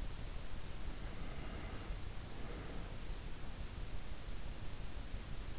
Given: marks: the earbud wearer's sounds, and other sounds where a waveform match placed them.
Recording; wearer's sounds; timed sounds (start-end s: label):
sounds in sleep by an in-ear microphone; breath
0.68-3.08 s: breath